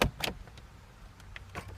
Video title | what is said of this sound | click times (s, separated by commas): Navara D40 iPad installed into dash | snaps in bang it's locked into place | 0.0 s